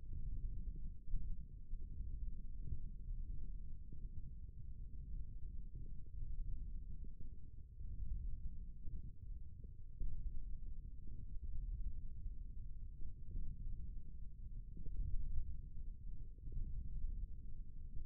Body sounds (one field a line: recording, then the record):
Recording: forearm muscle sounds (acoustic myography)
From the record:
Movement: thumb flexion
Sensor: system 1, eight BSWA MPA416 microphones around the upper forearm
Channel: 1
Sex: male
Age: 18 years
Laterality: right